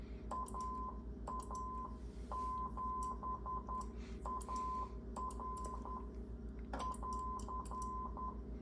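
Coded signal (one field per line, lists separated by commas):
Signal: Morse code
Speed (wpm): 10 wpm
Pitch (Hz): 1020 Hz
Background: none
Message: AA7AR <AR>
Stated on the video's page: QRP CW at 5 watts from an MFJ-9040 on 40 m, 7029 and 7033 kHz, dipole antenna and MFJ-971 tuner, at 10, 11 and 14 wpm.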